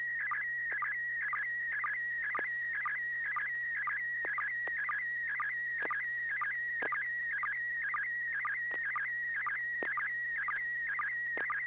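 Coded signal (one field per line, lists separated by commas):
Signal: SSTV (slow-scan television)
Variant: PD120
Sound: steady warbling tone near 2 kHz, chirped every half second by short lower pulses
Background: low hum, occasional static clicks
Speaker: this should be PD120 N6PGQ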